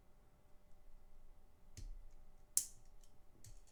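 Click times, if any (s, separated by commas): 2.6 s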